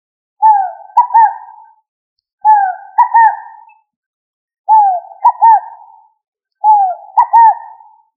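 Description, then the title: Pigeon cooing: four rolling coo phrases, each a low hooting note followed by quick double pulses, repeated about every two seconds in otherwise quiet surroundings. "Familia ColumbidaePomba"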